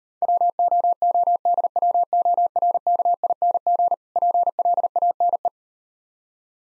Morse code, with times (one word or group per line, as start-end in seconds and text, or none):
0.2-3.9 WOODWORKING
4.2-5.5 PLANE